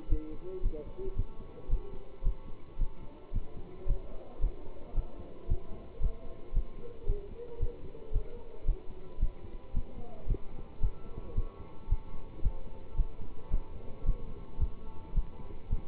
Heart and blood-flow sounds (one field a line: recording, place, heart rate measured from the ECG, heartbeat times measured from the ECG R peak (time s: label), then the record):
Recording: heart sounds by stethoscope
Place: between the tricuspid and mitral areas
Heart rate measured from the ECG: 112 bpm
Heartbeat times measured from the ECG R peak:
0.08 s: heartbeat
0.61 s: heartbeat
1.15 s: heartbeat
1.68 s: heartbeat
2.22 s: heartbeat
2.77 s: heartbeat
3.32 s: heartbeat
3.86 s: heartbeat
4.40 s: heartbeat
4.93 s: heartbeat
5.47 s: heartbeat
6.00 s: heartbeat
6.53 s: heartbeat
7.05 s: heartbeat
7.58 s: heartbeat
8.11 s: heartbeat
8.65 s: heartbeat
9.18 s: heartbeat
9.73 s: heartbeat
10.26 s: heartbeat
10.80 s: heartbeat
11.34 s: heartbeat
11.88 s: heartbeat
12.41 s: heartbeat
12.95 s: heartbeat
13.49 s: heartbeat
14.04 s: heartbeat
14.58 s: heartbeat
15.13 s: heartbeat
15.68 s: heartbeat
From the record:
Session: pedaling a stationary bicycle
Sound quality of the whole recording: good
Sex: male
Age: 27 years